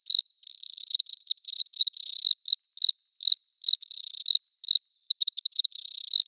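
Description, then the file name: Cricket chirping: sharp high pulses repeated in quick irregular bursts, with a softer continuous trill filling the gaps between louder chirps. Close recording, León. "Cricket close recording Leon"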